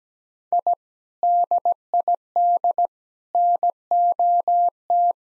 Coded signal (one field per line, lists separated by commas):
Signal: Morse code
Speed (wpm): 17 wpm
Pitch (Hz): 700 Hz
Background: none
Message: I DID NOT